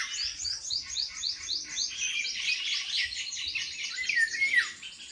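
Bird song made of quick, evenly repeated high chirps in a steady series, ending with a few thin whistled notes and a short downward slur.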